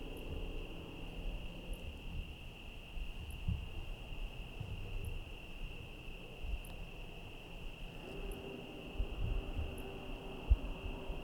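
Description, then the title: Crickets give a constant thin high trill with periodic faint ticks, over low rain and traffic rumble, with a droning tone near the end. Night, Trinity County, California, USA, 17/10/25 around 05:06; rain and cars present; recorded on a Zoom H1 with internal XY mics. "Trinity County, Californie, États-Unis d'Amérique - 17_10_25_05_06 grillons nuit voitures PLUIE"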